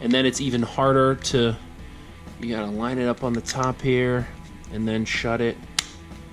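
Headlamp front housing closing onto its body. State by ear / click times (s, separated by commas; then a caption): seated / 5.8 s. A thin headlamp front housing is lined up at the top and pressed shut onto its body while someone talks. A single sharp snap sounds at 5.8 s as the housing clip closes, seating it firmly so it stays together.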